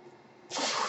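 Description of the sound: Soft background hiss, then a sudden loud rush of air as a home mechanical ventilator delivers a breath.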